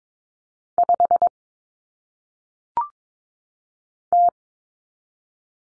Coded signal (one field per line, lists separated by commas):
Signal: Morse code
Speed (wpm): 22 wpm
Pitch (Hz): 700 Hz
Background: none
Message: 5 T